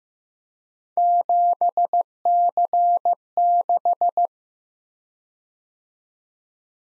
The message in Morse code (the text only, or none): 7C6